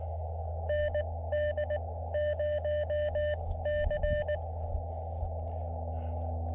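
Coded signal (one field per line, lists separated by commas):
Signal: Morse code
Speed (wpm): 18 wpm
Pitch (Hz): 590 Hz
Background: none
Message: ND0C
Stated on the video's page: CW from a 10W radio on a mountain summit, working stations in the US, Canada and New Zealand.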